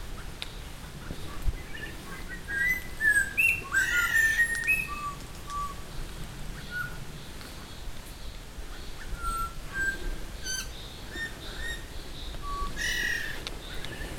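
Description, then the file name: Buffy laughingthrush whistles a brief lively run with harsh bursts, then sparse single whistled notes follow at intervals over a steady background hiss. "laughingthrush-buffy Garrulax-berthemyi"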